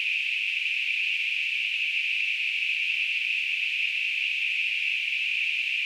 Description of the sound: Tinnitus.